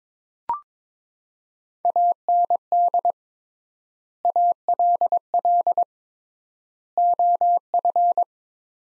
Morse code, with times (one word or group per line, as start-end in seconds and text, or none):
1.9-3.1 AND
4.3-5.8 ALL
7.0-8.2 OF